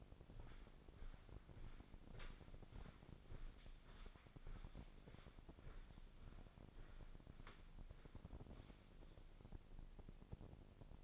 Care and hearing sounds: daily activity, microphone in the room; walk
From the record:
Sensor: 5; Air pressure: 1009.4 hPa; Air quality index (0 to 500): 155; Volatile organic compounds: 2 ppm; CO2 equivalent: 1193 ppm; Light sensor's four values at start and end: 385/925/396/441 and 383/919/394/438

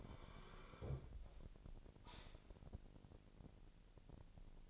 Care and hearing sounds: daily activity, microphone in the room; sit down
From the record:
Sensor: 5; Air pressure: 1002.0 hPa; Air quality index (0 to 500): 246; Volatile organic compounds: 30 ppm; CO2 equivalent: 2958 ppm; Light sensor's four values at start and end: 38/90/37/41 and 38/90/38/41

